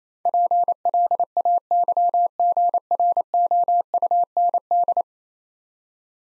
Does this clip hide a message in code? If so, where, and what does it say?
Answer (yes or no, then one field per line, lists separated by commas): yes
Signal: Morse code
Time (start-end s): 0.3-5.0 s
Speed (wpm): 28 wpm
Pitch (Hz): 700 Hz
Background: none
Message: PLAYGROUND